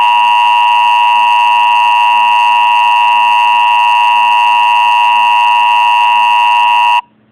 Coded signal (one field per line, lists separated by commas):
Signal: Emergency Alert System (SAME) tones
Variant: 853 and 960 Hz attention tone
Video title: a national EAS EMERGENCY ALERT SYSTEM TEST!